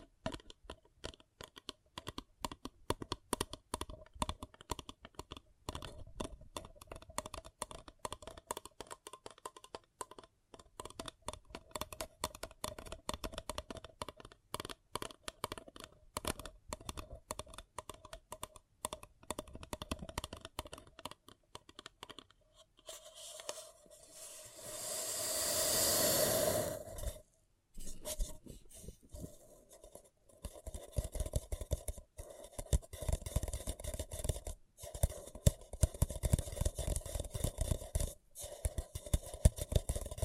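Paper cup tingles: quick, dense tapping and scratching on a paper cup, crisp clicks tumbling over each other with little pause. Around 24 seconds a brighter rushing crinkle swells, then cuts to a brief silence before the fast tapping returns.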